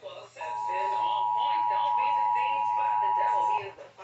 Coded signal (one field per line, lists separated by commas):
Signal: Emergency Alert System (SAME) tones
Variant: 853 and 960 Hz attention tone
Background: speech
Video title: GSP's Tornado Drills and Mental Breakdowns... | EAS #2265-2335 (EAS Tests from March 2022)